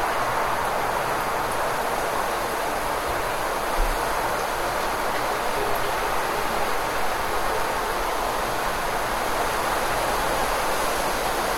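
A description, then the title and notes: Rain pours steadily with a dense, even hiss, while a low wind rumble runs beneath, unchanging from start to finish without distinct gusts. The realistic sound of rain falling with strong wind blowing in nature. Rain And Wind Sound.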